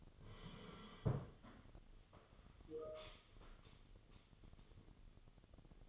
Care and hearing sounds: daily activity, microphone in the room; sit down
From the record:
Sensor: 4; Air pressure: 1016.1 hPa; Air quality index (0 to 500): 165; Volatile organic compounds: 6 ppm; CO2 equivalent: 1882 ppm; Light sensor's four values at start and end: 9/20/8/7 and 9/20/8/7

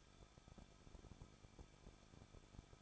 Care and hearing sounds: daily activity, microphone in the room; no activity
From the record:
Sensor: 5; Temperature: 20.8 degrees Celsius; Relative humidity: 38.4%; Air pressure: 1006.4 hPa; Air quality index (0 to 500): 189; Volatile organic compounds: 19 ppm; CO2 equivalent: 2668 ppm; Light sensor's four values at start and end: 2/3/1/1 and 2/3/1/1

